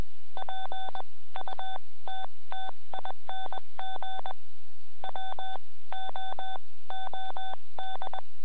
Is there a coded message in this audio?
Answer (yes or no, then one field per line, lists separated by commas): yes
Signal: Morse code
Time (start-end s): 0.4-8.2 s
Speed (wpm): 21 wpm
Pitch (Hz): 3500 Hz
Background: none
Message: PUTTING WOOD